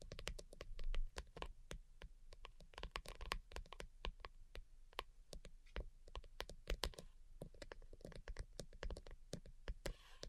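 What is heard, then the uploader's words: Delicate tapping runs throughout, a quick, uneven stream of crisp little clicks and taps, several per second with no steady rhythm. Some hits land a bit harder, with a soft low thud beneath, and a faint hiss stays in the background. ASMR DELICATE Tapping for Sleep (No Talking).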